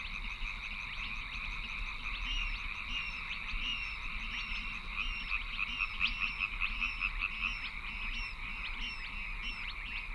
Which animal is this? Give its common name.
Spotted Crake